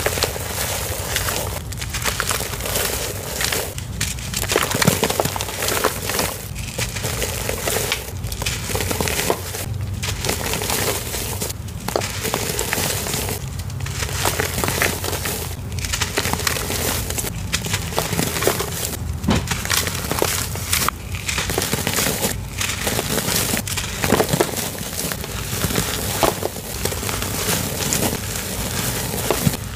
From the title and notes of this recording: Glittery Black Powderfalls Crush. Glittery black powder crumbling in front of blue and purple glowing LED lights.